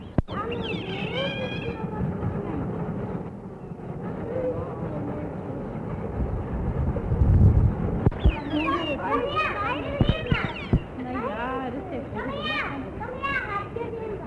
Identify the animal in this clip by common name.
European Otter